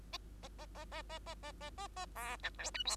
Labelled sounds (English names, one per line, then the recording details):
Bengalese Finch song
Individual Bird2